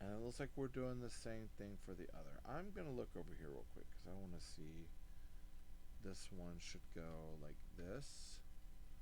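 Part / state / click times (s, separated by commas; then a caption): plastic building brick onto a train model / not seated / none. A plastic building-block piece for a metro train model is handled and positioned over the build while someone talks over a steady low background hum. Nothing has seated or clicked yet; the brick has not snapped into place by the end of the clip.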